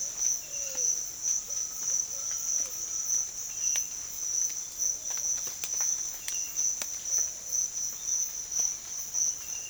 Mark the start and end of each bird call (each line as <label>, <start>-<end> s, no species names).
bird call, 0.00-3.33 s
bird call, 4.48-7.68 s